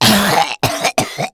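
Three harsh, forceful cough bursts in just over a second, each with a loud noisy onset and a brief voiced tail, separated by short silent gaps. A violent cough from an adult male.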